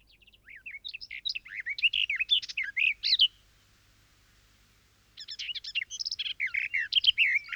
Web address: singvoegel gesang. kosmos 93 gartengrasmuecke